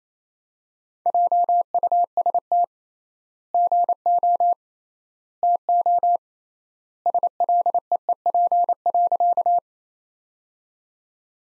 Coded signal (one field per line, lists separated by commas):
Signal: Morse code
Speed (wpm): 28 wpm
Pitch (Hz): 700 Hz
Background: none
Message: JUST GO TO SLEEP.